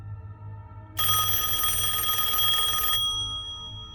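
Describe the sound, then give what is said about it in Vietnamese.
A telephone bell rings in one continuous bright, high-pitched burst lasting about two seconds, loud against a low steady hum, then cuts off abruptly. “Lại tiếng chuông điện thoại.”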